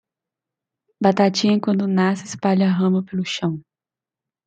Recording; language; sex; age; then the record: short text; Brazilian Portuguese; female; 20 to 29 years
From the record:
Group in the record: control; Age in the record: 27 years